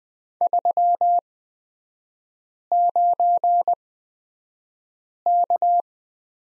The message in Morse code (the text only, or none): 39K